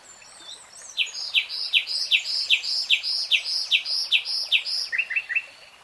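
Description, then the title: Nightingale song: about a dozen loud, evenly spaced chirps, each a quick sweep, followed by a brief faster trill. Singing; real-time recording. "[Tiếng chim hót] Nightingale Singing"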